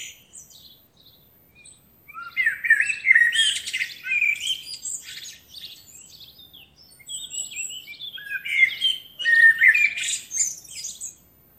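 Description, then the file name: Common blackbird delivering two long phrases of mixed warbling and scratchy high-pitched chatter, separated by a short quieter stretch. "Turdus merula"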